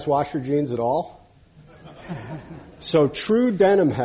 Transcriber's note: laughter